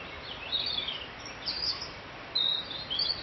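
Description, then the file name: Bird song as several brief, high twittering phrases with short gaps between them, over constant hiss. "Vogel"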